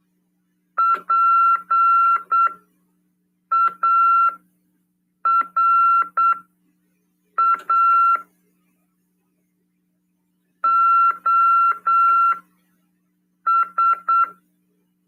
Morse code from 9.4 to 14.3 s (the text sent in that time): OS